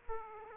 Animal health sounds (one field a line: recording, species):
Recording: mosquito wingbeat signal from an infrared sensor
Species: Aedes aegypti